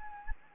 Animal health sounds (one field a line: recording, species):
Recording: mosquito wingbeat signal from an infrared sensor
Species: Anopheles gambiae